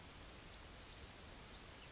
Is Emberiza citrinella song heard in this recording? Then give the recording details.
yes. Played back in grassland. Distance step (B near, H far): E. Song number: 117